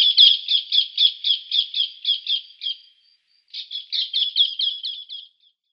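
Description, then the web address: Rose-ringed parakeet giving a rapid series of shrill, harsh screeches, a brief pause, then another burst of similar screeches. "Schulze Peter Rose-ringed Parakeet"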